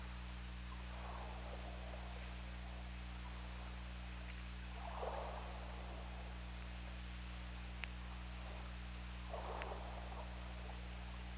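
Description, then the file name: Killer whale calls: three soft, blurry mid-range cries spaced a few seconds apart, with faint clicks and constant low hum beneath. OrcaLab hydrophone, 17 February 2018 at 22:54. "Orca Lab UTLN JASON 20180217 225432"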